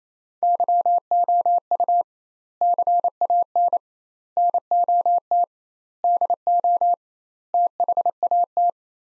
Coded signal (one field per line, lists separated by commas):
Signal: Morse code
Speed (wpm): 28 wpm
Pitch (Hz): 700 Hz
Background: none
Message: YOU CAN NOT DO THAT